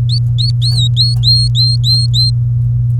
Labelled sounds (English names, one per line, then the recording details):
Domestic Canary song
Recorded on 24 April 2018 at 05:54
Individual llb3